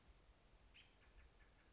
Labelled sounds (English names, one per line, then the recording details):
American Robin
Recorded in Sonoma County, California